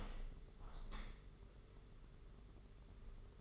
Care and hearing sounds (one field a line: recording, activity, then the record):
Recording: daily activity, microphone in the room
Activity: open window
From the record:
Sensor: 4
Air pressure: 992.1 hPa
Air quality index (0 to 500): 101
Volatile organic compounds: 13 ppm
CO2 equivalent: 2387 ppm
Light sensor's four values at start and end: 22/77/28/30 and 23/78/28/30